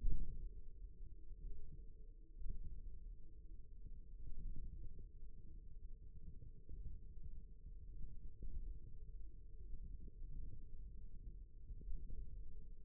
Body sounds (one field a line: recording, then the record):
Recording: forearm muscle sounds (acoustic myography)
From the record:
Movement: radial deviation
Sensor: system 1, eight BSWA MPA416 microphones around the upper forearm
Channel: 2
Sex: male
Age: 54 years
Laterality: right